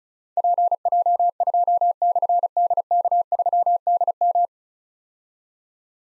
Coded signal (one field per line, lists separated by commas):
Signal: Morse code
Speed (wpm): 36 wpm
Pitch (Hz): 700 Hz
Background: none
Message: PJ2/DK3DM